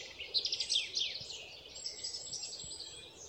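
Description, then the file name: European robin song: a short burst of rapid, high twittering notes that slides downward, then a thin sustained high tone fading out over soft background hiss. "Erithacus rubecula"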